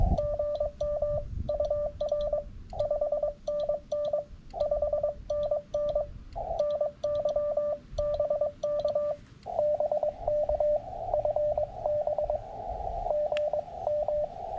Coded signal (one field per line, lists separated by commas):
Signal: Morse code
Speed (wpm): 22 wpm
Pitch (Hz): 590 Hz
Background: radio noise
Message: GM UR 5NN 5NN NYBK BK FB GM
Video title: CW SOTA at Mt. Utsayantha